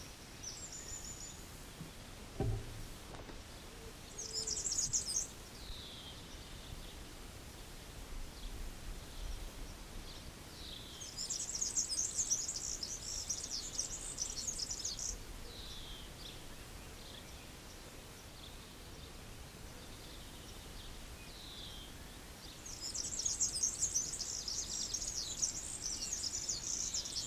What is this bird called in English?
European Serin